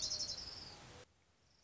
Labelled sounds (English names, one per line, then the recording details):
Orange-crowned Warbler
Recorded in Sonoma County, California